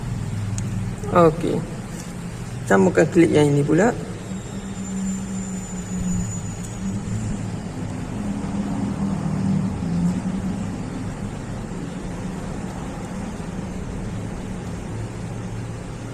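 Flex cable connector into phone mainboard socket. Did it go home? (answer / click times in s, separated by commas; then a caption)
no / none. A flex cable connector is being handled over its socket on a phone mainboard while someone talks, with a low steady hum running underneath. Nothing has seated or clicked yet; the connector is not yet pressed home.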